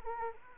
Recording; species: mosquito wingbeat signal from an infrared sensor; Anopheles arabiensis